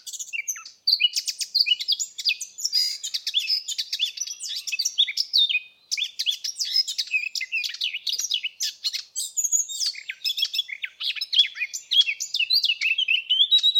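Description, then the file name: Eurasian blackcap song, long continuous babbling warble of scratchy and whistled notes, with a brief dip near the middle before carrying on. "Sylvia atricapilla"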